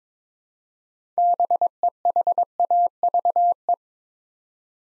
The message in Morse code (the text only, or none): BEHAVE